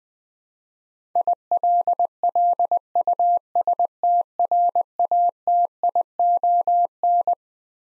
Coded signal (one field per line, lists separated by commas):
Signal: Morse code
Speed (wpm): 20 wpm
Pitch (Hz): 700 Hz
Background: none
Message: ILLUSTRATION